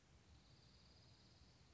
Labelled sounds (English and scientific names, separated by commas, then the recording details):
Dark-eyed Junco (Junco hyemalis)
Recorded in Sonoma County, California